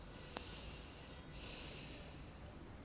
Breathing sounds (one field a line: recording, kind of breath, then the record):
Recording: one breath in and out by a microphone near the nose and mouth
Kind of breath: deep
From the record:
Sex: male